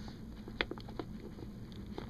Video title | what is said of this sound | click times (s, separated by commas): Lifestraw Mission Water Purification System (Best bug out Option) | and you just simply push it in there and it locks in place | 0.6 s